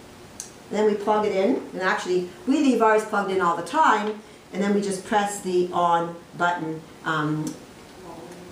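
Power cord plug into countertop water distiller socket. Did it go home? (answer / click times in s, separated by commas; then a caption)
yes / 0.4 s. The power cord plug is slid carefully into its socket on a Waterwise countertop water distiller, and a single sharp tick at 0.4 s marks it clicking into place, seated. Someone then talks for the rest of the clip.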